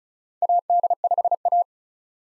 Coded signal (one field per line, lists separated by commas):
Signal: Morse code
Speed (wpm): 36 wpm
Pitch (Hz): 700 Hz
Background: none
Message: AD5A